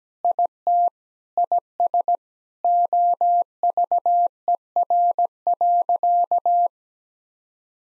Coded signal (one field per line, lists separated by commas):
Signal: Morse code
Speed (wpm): 17 wpm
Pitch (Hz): 700 Hz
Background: none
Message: IT IS OVER.